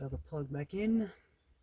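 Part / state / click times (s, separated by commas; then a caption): second wiring plug into clockspring connector / not seated / none. Someone talks while a second plastic wiring plug is being pushed back into the clockspring connector during a clockspring replacement on a 2008 Mitsubishi Outlander. The clip ends with the plug handled but not yet home, and nothing has seated or clicked yet.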